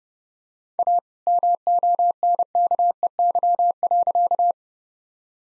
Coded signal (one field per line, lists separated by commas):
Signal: Morse code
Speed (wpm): 32 wpm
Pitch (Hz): 700 Hz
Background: none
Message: A MONKEY.